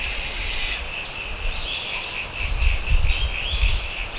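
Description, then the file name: Bird calls: quick high chirps and warbled sweeps over a steady thin high hum, with low gusty rumble growing in the second half. "SABIOD 50 bird 2015"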